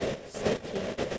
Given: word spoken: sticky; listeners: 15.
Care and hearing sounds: one English word in noise, from a listening test; noise modulated by three-talker babble; -6.6 dB; 2 of 15; 7 of 15; 0.78 s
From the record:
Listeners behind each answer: 7, 2, 2, 1, 1, 1, 1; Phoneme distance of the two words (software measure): 17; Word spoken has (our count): 2 syllables, 5 phonemes, stress on syllable 1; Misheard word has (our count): 2 syllables, 4 phonemes, stress on syllable 1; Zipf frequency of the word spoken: 4.27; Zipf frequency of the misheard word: 5.40

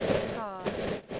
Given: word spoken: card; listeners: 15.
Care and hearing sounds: one English word in noise, from a listening test; noise modulated by three-talker babble; -7.2 dB; 2 of 15; 9 of 15; 0.80 s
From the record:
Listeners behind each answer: 9, 3, 2, 1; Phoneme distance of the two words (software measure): 7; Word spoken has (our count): 1 syllable, 3 phonemes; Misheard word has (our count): 1 syllable, 2 phonemes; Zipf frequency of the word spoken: 4.89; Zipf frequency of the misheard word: 5.44

